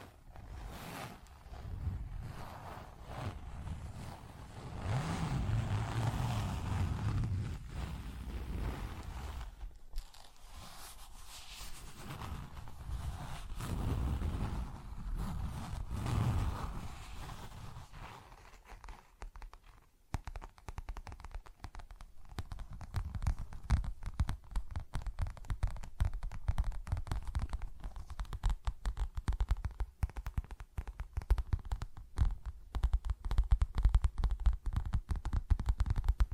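Low rumbling scratches swell and fade for twenty seconds, then give way to rapid, dense tapping and crackling clicks that continue to the end.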